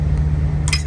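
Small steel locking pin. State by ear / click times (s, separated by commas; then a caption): seated / 0.7 s. On a semi truck, a handle is pushed in and a small metal locking pin on the truck's release handle is moved out of the way until it clicks into its locked position. Over a steady low hum, a sharp metallic click sounds at 0.7 s with a brief second tick right after. The pin is seated and locked.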